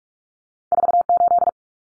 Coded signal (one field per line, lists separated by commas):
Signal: Morse code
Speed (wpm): 44 wpm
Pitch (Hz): 700 Hz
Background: none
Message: 48